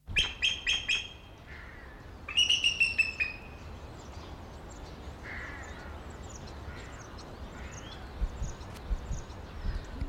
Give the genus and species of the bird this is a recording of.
Haliaeetus leucocephalus